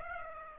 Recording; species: mosquito wingbeat signal from an infrared sensor; Aedes aegypti